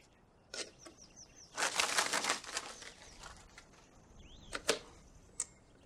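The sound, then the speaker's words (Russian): A bird being tormented by children flaps its wings in a rapid, papery burst lasting about a second, with a few sharper wingbeats before and after and faint high chirps in the background. “Пионеры, а мучаете птицу.”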